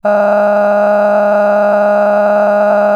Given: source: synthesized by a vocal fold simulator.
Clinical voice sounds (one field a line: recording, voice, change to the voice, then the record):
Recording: sustained vowel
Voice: female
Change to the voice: cycle-to-cycle stiffness perturbation (roughness), level 7 of 10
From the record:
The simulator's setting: 4.56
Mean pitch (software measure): 206 Hz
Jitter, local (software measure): 2.15%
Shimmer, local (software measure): 15.2%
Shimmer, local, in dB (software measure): 1.34 dB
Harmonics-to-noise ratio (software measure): 13.2 dB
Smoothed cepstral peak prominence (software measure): 14.9 dB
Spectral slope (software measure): -21.8 dB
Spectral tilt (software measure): -11.7 dB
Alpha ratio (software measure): -12.3 dB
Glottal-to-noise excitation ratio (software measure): 0.949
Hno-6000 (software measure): 2.3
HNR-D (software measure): 33.0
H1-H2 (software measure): 7.1 dB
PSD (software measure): 9.4e-05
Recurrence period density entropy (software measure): 0.115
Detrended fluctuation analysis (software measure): 0.0283